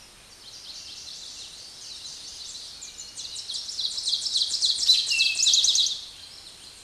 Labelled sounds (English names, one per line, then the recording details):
Ovenbird song
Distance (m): 5 m
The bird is about 5 m above the microphone
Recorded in a Pennsylvania forest on 16 May 2024 at 06:00
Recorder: AudioMoth, point MSD-2058
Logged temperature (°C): 11.8 °C
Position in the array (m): 79 m, 7 m